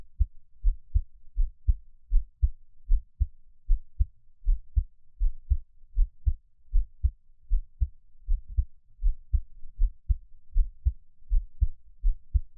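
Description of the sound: An adult's heartbeat heard through a close microphone: a normal, gentle and calm heartbeat at about 79 beats per minute, low-pitched thumps with no talking.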